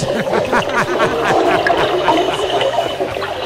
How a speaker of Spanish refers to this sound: Así estaba el piso y así, así es como suena un me cago en Dios abajo del agua.